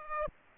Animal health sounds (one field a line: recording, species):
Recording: mosquito wingbeat signal from an infrared sensor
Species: Aedes aegypti